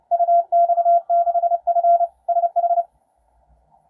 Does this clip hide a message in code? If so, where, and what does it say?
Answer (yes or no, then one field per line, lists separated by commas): yes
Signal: Morse code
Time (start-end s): 0.1-2.8 s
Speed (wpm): 28 wpm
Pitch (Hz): 720 Hz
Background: none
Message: UX6F SH